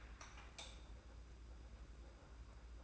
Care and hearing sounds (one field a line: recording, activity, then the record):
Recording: daily activity, microphone in the room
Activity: light on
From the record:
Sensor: 2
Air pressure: 991.8 hPa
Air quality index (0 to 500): 228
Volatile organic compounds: 1000 ppm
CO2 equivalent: 7640 ppm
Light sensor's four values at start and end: 11/27/11/11 and 15/39/16/15